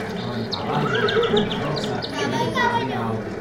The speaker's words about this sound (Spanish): Caballo.